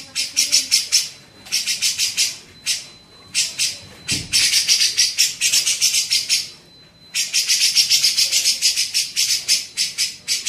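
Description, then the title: Grey-cheeked bulbul harsh, grating bursts in several runs separated by pauses, with a soft rubbing noise briefly in the middle. Masteran training recording used to tutor songbirds. "MASTERAN CUCAK JENGGOT"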